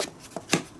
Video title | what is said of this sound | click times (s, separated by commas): iPad Pro 2020 Case (Unboxing) | you hear it click and then you go it's pretty sturdy like | 0.5 s